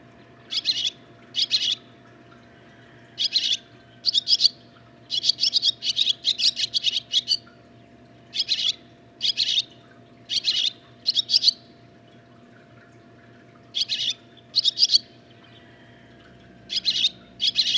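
Barn swallow giving repeated bursts of high, scratchy twitters, phrases clustered then separated by short gaps, over a faint steady hum.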